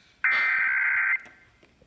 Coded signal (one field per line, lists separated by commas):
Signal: Emergency Alert System (SAME) tones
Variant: header bursts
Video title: EAS #66 National Periodic Test